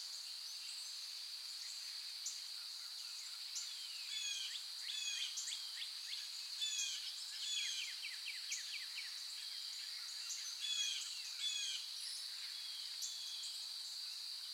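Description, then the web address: Several birds trade quick, high, downslurred notes in a loose chorus over a constant shrill insect-like hum. Forest, morning. "sound-effects-bible Forest Morning Birds"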